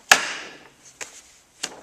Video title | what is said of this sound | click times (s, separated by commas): RRD Easyride Rigging Instructions | And you will want to hear a snap for proper tension. | 0.1 s